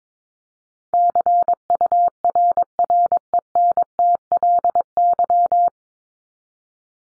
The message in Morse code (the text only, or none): CURRENTLY